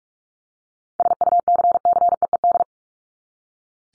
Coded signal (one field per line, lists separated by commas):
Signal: Morse code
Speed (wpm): 44 wpm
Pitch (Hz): 700 Hz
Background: none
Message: SUCCEED